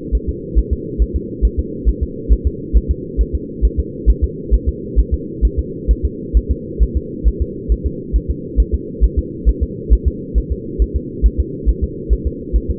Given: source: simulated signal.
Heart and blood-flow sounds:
fetal heart sounds
0.15 s: S1
0.29 s: S2
0.59 s: S1
0.73 s: S2
1.02 s: S1
1.16 s: S2
1.45 s: S1
1.59 s: S2
1.89 s: S1
2.03 s: S2
2.33 s: S1
2.47 s: S2
2.77 s: S1
2.91 s: S2
3.21 s: S1
3.35 s: S2
3.65 s: S1
3.80 s: S2
4.10 s: S1
4.24 s: S2
4.54 s: S1
4.69 s: S2
4.99 s: S1
5.14 s: S2
5.45 s: S1
5.59 s: S2
5.91 s: S1
6.05 s: S2
6.37 s: S1
6.51 s: S2
6.83 s: S1
6.97 s: S2
7.28 s: S1
7.42 s: S2
7.72 s: S1
7.87 s: S2
8.16 s: S1
8.30 s: S2
8.60 s: S1
8.75 s: S2
9.04 s: S1
9.19 s: S2
9.49 s: S1
9.63 s: S2
9.93 s: S1
10.08 s: S2
10.38 s: S1
10.52 s: S2
10.82 s: S1
10.96 s: S2
11.26 s: S1
11.40 s: S2
11.69 s: S1
11.84 s: S2
12.13 s: S1
12.27 s: S2
12.56 s: S1
12.70 s: S2
From the record:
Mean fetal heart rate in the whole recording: 135 bpm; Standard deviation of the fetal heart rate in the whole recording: 3 bpm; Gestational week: 34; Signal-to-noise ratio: -4.1 dB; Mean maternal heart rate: no maternal heart sound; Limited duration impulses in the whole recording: absent

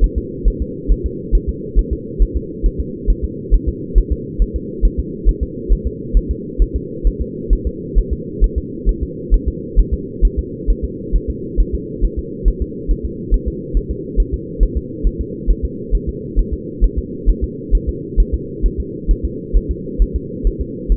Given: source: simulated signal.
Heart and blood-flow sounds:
fetal heart sounds
0.04 s: S1
0.18 s: S2
0.48 s: S1
0.62 s: S2
0.92 s: S1
1.06 s: S2
1.35 s: S1
1.49 s: S2
1.79 s: S1
1.93 s: S2
2.22 s: S1
2.37 s: S2
2.66 s: S1
2.80 s: S2
3.10 s: S1
3.25 s: S2
3.54 s: S1
3.69 s: S2
3.98 s: S1
4.12 s: S2
4.42 s: S1
4.56 s: S2
4.85 s: S1
4.99 s: S2
5.29 s: S1
5.43 s: S2
5.72 s: S1
5.87 s: S2
6.17 s: S1
6.31 s: S2
6.62 s: S1
6.76 s: S2
7.07 s: S1
7.21 s: S2
7.53 s: S1
7.67 s: S2
7.99 s: S1
8.13 s: S2
8.44 s: S1
8.58 s: S2
8.89 s: S1
9.03 s: S2
9.34 s: S1
9.48 s: S2
9.79 s: S1
9.94 s: S2
10.25 s: S1
10.39 s: S2
10.70 s: S1
10.85 s: S2
11.16 s: S1
11.30 s: S2
11.60 s: S1
11.74 s: S2
12.04 s: S1
12.19 s: S2
12.48 s: S1
12.62 s: S2
12.91 s: S1
13.05 s: S2
13.34 s: S1
13.48 s: S2
13.77 s: S1
13.91 s: S2
14.20 s: S1
14.34 s: S2
14.63 s: S1
14.77 s: S2
15.07 s: S1
15.21 s: S2
15.51 s: S1
15.65 s: S2
15.95 s: S1
16.09 s: S2
16.39 s: S1
16.53 s: S2
16.84 s: S1
16.98 s: S2
17.29 s: S1
17.44 s: S2
17.75 s: S1
17.89 s: S2
18.20 s: S1
18.34 s: S2
18.66 s: S1
18.80 s: S2
19.11 s: S1
19.25 s: S2
19.57 s: S1
19.71 s: S2
20.02 s: S1
20.16 s: S2
20.47 s: S1
20.61 s: S2
20.92 s: S1
From the record:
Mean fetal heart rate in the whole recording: 135 bpm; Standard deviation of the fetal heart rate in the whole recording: 3 bpm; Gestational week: 36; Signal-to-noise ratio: -4.1 dB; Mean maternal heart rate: no maternal heart sound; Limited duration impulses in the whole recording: absent

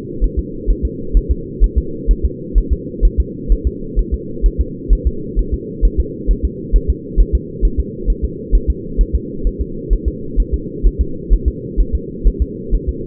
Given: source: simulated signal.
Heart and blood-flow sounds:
fetal heart sounds
0.24 s: S1
0.39 s: S2
0.70 s: S1
0.85 s: S2
1.17 s: S1
1.31 s: S2
1.64 s: S1
1.78 s: S2
2.11 s: S1
2.25 s: S2
2.58 s: S1
2.73 s: S2
3.05 s: S1
3.20 s: S2
3.52 s: S1
3.67 s: S2
3.99 s: S1
4.14 s: S2
4.46 s: S1
4.60 s: S2
4.93 s: S1
5.07 s: S2
5.39 s: S1
5.54 s: S2
5.85 s: S1
6.00 s: S2
6.31 s: S1
6.45 s: S2
6.76 s: S1
6.90 s: S2
7.20 s: S1
7.35 s: S2
7.65 s: S1
7.80 s: S2
8.10 s: S1
8.24 s: S2
8.55 s: S1
8.70 s: S2
9.01 s: S1
9.15 s: S2
9.47 s: S1
9.61 s: S2
9.93 s: S1
10.08 s: S2
10.40 s: S1
10.54 s: S2
10.86 s: S1
11.01 s: S2
11.33 s: S1
11.48 s: S2
11.80 s: S1
11.95 s: S2
12.27 s: S1
12.42 s: S2
12.75 s: S1
12.89 s: S2
From the record:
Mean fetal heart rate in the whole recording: 130 bpm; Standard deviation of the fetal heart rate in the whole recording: 2 bpm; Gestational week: 36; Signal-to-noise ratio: -4.3 dB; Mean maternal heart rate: 72 bpm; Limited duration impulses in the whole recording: absent

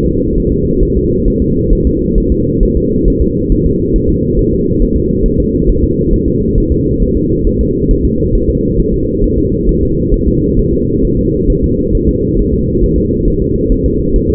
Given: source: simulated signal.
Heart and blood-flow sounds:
fetal heart sounds
0.06 s: S2
0.38 s: S1
0.52 s: S2
0.83 s: S1
0.97 s: S2
1.28 s: S1
1.42 s: S2
1.73 s: S1
1.87 s: S2
2.18 s: S1
2.32 s: S2
2.63 s: S1
2.77 s: S2
3.08 s: S1
3.22 s: S2
3.52 s: S1
3.66 s: S2
3.96 s: S1
4.10 s: S2
4.39 s: S1
4.53 s: S2
4.82 s: S1
4.97 s: S2
5.26 s: S1
5.40 s: S2
5.69 s: S1
5.84 s: S2
6.13 s: S1
6.28 s: S2
6.58 s: S1
6.72 s: S2
7.02 s: S1
7.17 s: S2
7.47 s: S1
7.61 s: S2
7.91 s: S1
8.05 s: S2
8.35 s: S1
8.50 s: S2
8.80 s: S1
8.94 s: S2
9.24 s: S1
9.38 s: S2
9.69 s: S1
9.83 s: S2
10.14 s: S1
10.28 s: S2
10.59 s: S1
10.74 s: S2
11.05 s: S1
11.19 s: S2
11.50 s: S1
11.64 s: S2
11.95 s: S1
12.09 s: S2
12.39 s: S1
12.54 s: S2
12.84 s: S1
12.98 s: S2
13.28 s: S1
13.42 s: S2
13.72 s: S1
13.86 s: S2
14.16 s: S1
14.30 s: S2
From the record:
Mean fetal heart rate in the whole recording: 135 bpm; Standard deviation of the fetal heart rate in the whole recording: 3 bpm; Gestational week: 36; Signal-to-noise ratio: -10.2 dB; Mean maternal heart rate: 72 bpm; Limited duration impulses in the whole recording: present

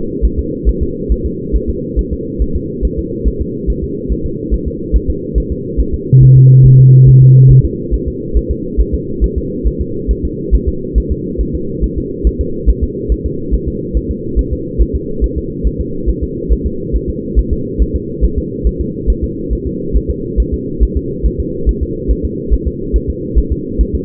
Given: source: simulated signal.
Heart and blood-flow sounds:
fetal heart sounds
0.25 s: S1
0.39 s: S2
0.69 s: S1
0.83 s: S2
1.12 s: S1
1.26 s: S2
1.56 s: S1
1.69 s: S2
1.99 s: S1
2.13 s: S2
2.42 s: S1
2.56 s: S2
2.85 s: S1
2.99 s: S2
3.28 s: S1
3.42 s: S2
3.70 s: S1
3.84 s: S2
4.12 s: S1
4.26 s: S2
4.54 s: S1
4.68 s: S2
4.96 s: S1
5.10 s: S2
5.38 s: S1
5.52 s: S2
5.80 s: S1
5.94 s: S2
6.23 s: S1
6.37 s: S2
6.66 s: S1
6.80 s: S2
7.09 s: S1
7.22 s: S2
7.51 s: S1
7.65 s: S2
7.94 s: S1
8.08 s: S2
8.37 s: S1
8.51 s: S2
8.81 s: S1
8.94 s: S2
9.24 s: S1
9.38 s: S2
9.67 s: S1
9.81 s: S2
10.11 s: S1
10.25 s: S2
10.54 s: S1
10.69 s: S2
10.98 s: S1
11.12 s: S2
11.41 s: S1
11.55 s: S2
11.84 s: S1
11.98 s: S2
12.27 s: S1
12.41 s: S2
12.69 s: S1
12.84 s: S2
13.12 s: S1
13.26 s: S2
13.54 s: S1
13.68 s: S2
13.97 s: S1
14.11 s: S2
14.39 s: S1
14.53 s: S2
14.81 s: S1
14.95 s: S2
15.24 s: S1
15.38 s: S2
15.67 s: S1
15.81 s: S2
16.09 s: S1
16.23 s: S2
16.53 s: S1
16.66 s: S2
16.96 s: S1
17.09 s: S2
17.39 s: S1
17.53 s: S2
17.82 s: S1
17.96 s: S2
18.24 s: S1
18.38 s: S2
18.67 s: S1
18.81 s: S2
19.10 s: S1
19.24 s: S2
19.53 s: S1
19.67 s: S2
19.96 s: S1
20.10 s: S2
20.40 s: S1
20.54 s: S2
20.83 s: S1
20.97 s: S2
21.26 s: S1
21.40 s: S2
21.69 s: S1
21.83 s: S2
22.11 s: S1
22.25 s: S2
22.53 s: S1
22.67 s: S2
22.96 s: S1
23.10 s: S2
23.38 s: S1
23.52 s: S2
23.81 s: S1
23.95 s: S2
From the record:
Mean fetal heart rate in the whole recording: 140 bpm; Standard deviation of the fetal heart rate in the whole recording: 2 bpm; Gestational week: 34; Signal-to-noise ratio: -6.6 dB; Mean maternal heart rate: 72 bpm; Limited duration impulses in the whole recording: present

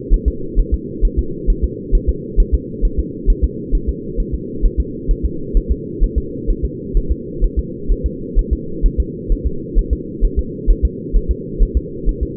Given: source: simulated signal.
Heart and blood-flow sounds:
fetal heart sounds
0.14 s: S1
0.28 s: S2
0.59 s: S1
0.74 s: S2
1.05 s: S1
1.19 s: S2
1.50 s: S1
1.64 s: S2
1.95 s: S1
2.09 s: S2
2.40 s: S1
2.54 s: S2
2.85 s: S1
2.99 s: S2
3.30 s: S1
3.44 s: S2
3.75 s: S1
3.89 s: S2
4.20 s: S1
4.34 s: S2
4.65 s: S1
4.80 s: S2
5.11 s: S1
5.25 s: S2
5.57 s: S1
5.72 s: S2
6.04 s: S1
6.18 s: S2
6.50 s: S1
6.65 s: S2
6.97 s: S1
7.12 s: S2
7.44 s: S1
7.59 s: S2
7.92 s: S1
8.06 s: S2
8.39 s: S1
8.53 s: S2
8.86 s: S1
9.00 s: S2
9.32 s: S1
9.47 s: S2
9.78 s: S1
9.93 s: S2
10.25 s: S1
10.39 s: S2
10.71 s: S1
10.85 s: S2
11.16 s: S1
11.31 s: S2
11.63 s: S1
11.77 s: S2
12.09 s: S1
12.23 s: S2
From the record:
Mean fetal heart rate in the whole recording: 130 bpm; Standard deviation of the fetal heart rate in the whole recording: 2 bpm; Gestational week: 38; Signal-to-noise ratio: -4.3 dB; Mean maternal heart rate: 72 bpm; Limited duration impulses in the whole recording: absent

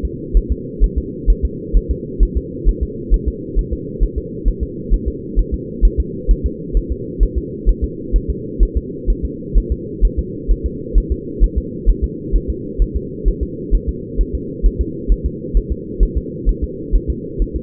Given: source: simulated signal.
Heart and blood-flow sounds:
fetal heart sounds
0.05 s: S2
0.37 s: S1
0.52 s: S2
0.84 s: S1
0.98 s: S2
1.30 s: S1
1.45 s: S2
1.77 s: S1
1.91 s: S2
2.23 s: S1
2.37 s: S2
2.69 s: S1
2.83 s: S2
3.14 s: S1
3.28 s: S2
3.59 s: S1
3.73 s: S2
4.03 s: S1
4.18 s: S2
4.48 s: S1
4.63 s: S2
4.94 s: S1
5.08 s: S2
5.39 s: S1
5.54 s: S2
5.85 s: S1
6.00 s: S2
6.31 s: S1
6.46 s: S2
6.77 s: S1
6.92 s: S2
7.23 s: S1
7.38 s: S2
7.69 s: S1
7.84 s: S2
8.16 s: S1
8.30 s: S2
8.63 s: S1
8.77 s: S2
9.10 s: S1
9.25 s: S2
9.58 s: S1
9.72 s: S2
10.05 s: S1
10.19 s: S2
10.51 s: S1
10.66 s: S2
10.98 s: S1
11.12 s: S2
11.44 s: S1
11.58 s: S2
11.90 s: S1
12.04 s: S2
12.35 s: S1
12.50 s: S2
12.82 s: S1
12.96 s: S2
13.28 s: S1
13.43 s: S2
13.75 s: S1
13.89 s: S2
14.21 s: S1
14.35 s: S2
14.66 s: S1
14.81 s: S2
15.12 s: S1
15.26 s: S2
15.57 s: S1
15.72 s: S2
16.03 s: S1
16.18 s: S2
16.49 s: S1
16.64 s: S2
16.95 s: S1
17.10 s: S2
17.42 s: S1
17.56 s: S2
From the record:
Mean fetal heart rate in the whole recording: 130 bpm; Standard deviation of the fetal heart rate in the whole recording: 2 bpm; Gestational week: 36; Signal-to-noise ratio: -4.1 dB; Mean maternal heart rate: no maternal heart sound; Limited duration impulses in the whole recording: absent

